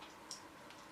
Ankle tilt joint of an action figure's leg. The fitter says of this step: that just just done too far then did you hear that click because i've done it too far